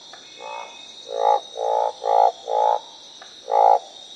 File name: barred frogs - orange thighed treefrogs croaks